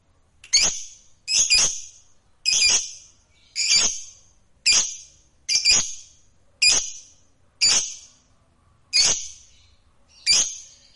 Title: Suara Lovebird Ini